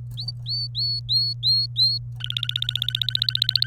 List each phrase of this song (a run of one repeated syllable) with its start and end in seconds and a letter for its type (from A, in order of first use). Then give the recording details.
0.18-1.98 A, 2.21-3.66 B. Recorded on 27 April 2018 at 12:39. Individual llb3